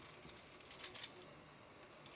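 Plastic chest panel tabs of a transforming toy are worked by hand to line them up, giving soft, faint plastic ticks and rubbing, with slightly louder bumps around 0.8 and 1.0 seconds. The clip ends before the part goes home, and nothing has seated or clicked yet.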